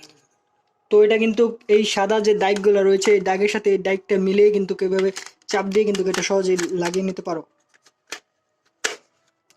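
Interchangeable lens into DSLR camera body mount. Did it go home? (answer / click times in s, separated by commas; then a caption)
yes / 8.9 s. An interchangeable lens is lined up by its white index mark with the mark on a Canon 200D DSLR camera body, pressed into the mount and turned until it locks. Someone talks until about 7.4 s, then a few faint ticks follow as the lens turns. A sharp bayonet click at 8.9 s shows the lens has seated on the body.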